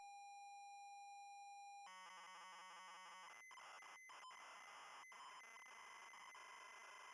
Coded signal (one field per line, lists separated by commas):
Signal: ZX Spectrum tape loading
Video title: ZX Spectrum Elite Playthrough - Episode 1 - Starting out